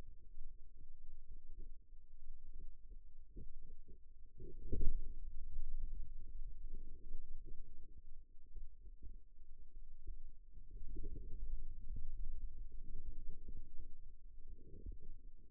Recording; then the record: forearm muscle sounds (acoustic myography)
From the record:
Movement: radial deviation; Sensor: system 2, bracelet of six BSWA MPA416 microphones around the upper forearm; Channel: 5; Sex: male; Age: 22 years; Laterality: right